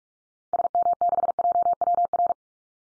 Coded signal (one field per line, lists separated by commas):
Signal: Morse code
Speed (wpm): 44 wpm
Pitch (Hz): 700 Hz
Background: none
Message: SM6JWR